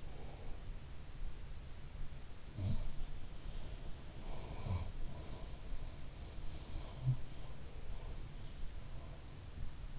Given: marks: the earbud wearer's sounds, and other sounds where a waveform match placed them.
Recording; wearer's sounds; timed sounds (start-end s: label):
sounds in sleep by an in-ear microphone; breath
0.00-0.87 s: breath
2.41-9.99 s: sound from someone else or the room